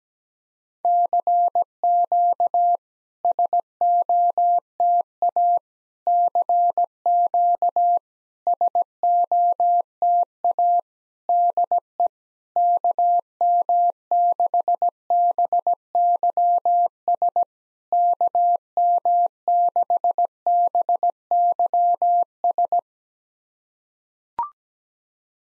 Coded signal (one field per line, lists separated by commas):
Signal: Morse code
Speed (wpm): 17 wpm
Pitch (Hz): 700 Hz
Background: none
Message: CQ SOTA CQ SOTA DE KM6BYS KM6BYS